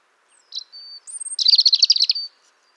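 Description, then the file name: European robin song: a brief high note and a thin sustained whistle, then a rapid, tinkling trill of high notes. "Erithacus rubecula"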